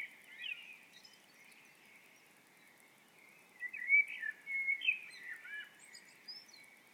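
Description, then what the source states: Birdsong, bright chirping phrases around a steady high twittering chorus, with a louder burst of warbled notes in the second half. Birds singing at dawn.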